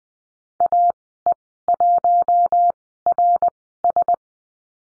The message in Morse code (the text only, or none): AE1RS